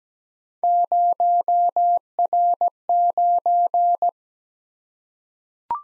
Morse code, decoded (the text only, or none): 0R9